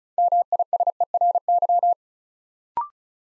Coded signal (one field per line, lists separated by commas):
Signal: Morse code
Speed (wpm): 36 wpm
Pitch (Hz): 700 Hz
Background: none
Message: MISERY